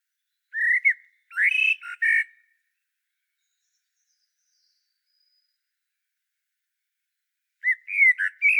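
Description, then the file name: Common blackbird singing a fluty phrase with scratchy twittered notes, a long silent gap, then another warbled phrase. "Turdus merula"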